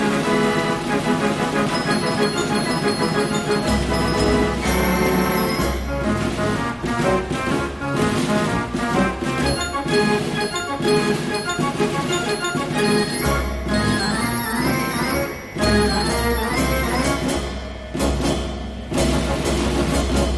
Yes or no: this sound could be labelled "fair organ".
yes